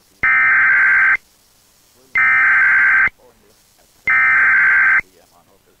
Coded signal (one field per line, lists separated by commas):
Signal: Emergency Alert System (SAME) tones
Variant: header bursts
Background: speech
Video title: EAS 965: IPAWSCAP Fire Warning for Plumas, CA